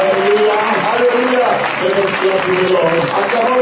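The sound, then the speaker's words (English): An audience at a bilingual English-French church service claps to the Lord, loudly and steadily, a dense, continuous wash of hands mixed with raised voices and cheering that holds at full volume for the whole few seconds. “Let us clap to the Lord.”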